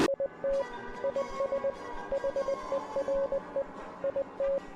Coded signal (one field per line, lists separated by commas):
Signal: Morse code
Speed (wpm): 20 wpm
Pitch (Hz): 550 Hz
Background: music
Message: IT IS HERE IT